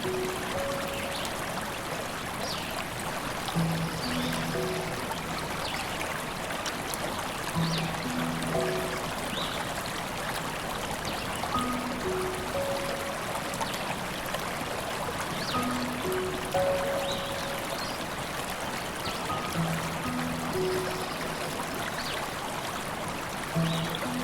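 A river rushes steadily throughout, a dense, even wash of flowing water with no pauses. Soft, low piano notes sound beneath it every second or two, single held tones in a slow, sparse melody, mostly buried under the water.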